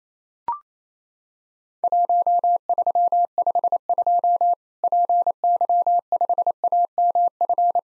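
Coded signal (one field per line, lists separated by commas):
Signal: Morse code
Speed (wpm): 28 wpm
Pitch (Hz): 700 Hz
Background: none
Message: 1352 PY5AMF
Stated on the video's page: Practice drill of Worked All Europe DX Contest QTC exchanges in Morse code at 28 wpm, each sent twice.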